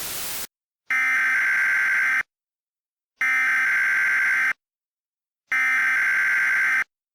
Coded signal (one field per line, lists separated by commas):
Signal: Emergency Alert System (SAME) tones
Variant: header bursts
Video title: EAS Mock 11: Powder